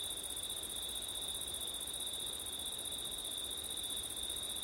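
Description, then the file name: Crickets trilling in a steady chorus, a continuous high ringing band with a shimmering upper layer, over soft low wind noise. Crickets at night in September, with wind; ORTF microphone setup. "crickets wind september night ortif"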